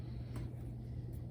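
A metal component is pushed into an M249 light machine gun assembly during reassembly. A steady low hum fills the clip, with faint brief scuffs of handling around 0.4, 1.1 and 1.3 seconds. Nothing has seated or clicked yet.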